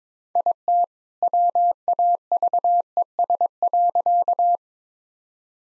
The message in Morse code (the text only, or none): IT WAVES.